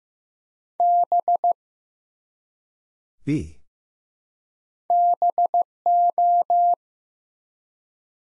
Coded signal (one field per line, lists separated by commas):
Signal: Morse code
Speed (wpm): 15 wpm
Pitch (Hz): 700 Hz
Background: none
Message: B BO